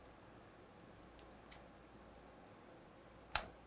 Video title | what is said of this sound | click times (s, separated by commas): One-Netbook's OneGX1 Pro Mini Laptop - Didn't Buy it for Gaming (with Teardown) | yep that seemed to lock into place | 3.4 s